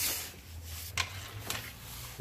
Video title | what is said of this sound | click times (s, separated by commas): Nissan Frontier Valve cover gasket/ Spark plugs/Intake Manifold gasket Replacement | We have hoses snapped back in. | 1.0 s, 1.5 s